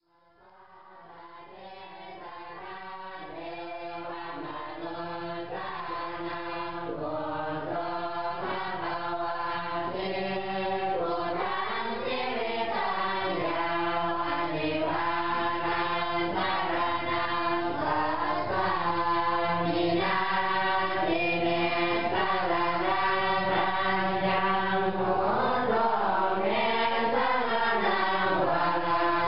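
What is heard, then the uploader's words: Young monks chant together in evening prayer inside a small temple, their voices rising and falling in a steady, sung unison. The chanting fades in over the first few seconds, then holds a full, resonant drone with shifting syllables throughout, little else audible behind it. Laos - young monks chanting. Young monks chanting in early evening prayer inside a small Wat (temple) near the Nam Khan river in Luang Prabang, Laos.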